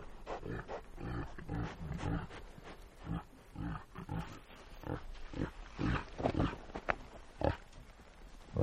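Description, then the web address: Reindeer grunts, a dense run of short, low, rough pulses. "el sonido del grunido de los renos"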